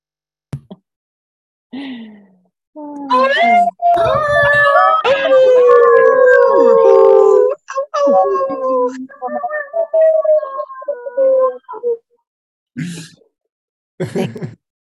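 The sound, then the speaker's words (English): Several people howl together like wolves, long overlapping wavering cries rising and falling in pitch for about ten seconds, followed by a few short trailing yelps and breaths. “Let us unmute ourselves. We're going to howl out, y'all.”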